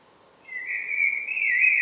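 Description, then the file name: Common blackbird gives a clear, sustained whistled note that swells slightly and holds steady, with faint high overtones. "Turdus merula"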